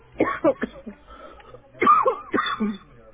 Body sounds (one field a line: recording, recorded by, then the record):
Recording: voluntary cough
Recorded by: telephone call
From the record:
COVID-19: negative